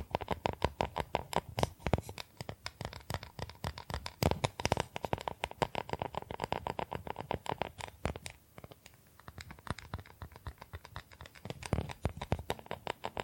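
Bamboo being tapped, scratched and brushed in quick, dense strokes that run almost without pause. Sharp clicks and taps come several times a second over a bright scratchy rasp, easing briefly near the eighth second before the busy tapping resumes.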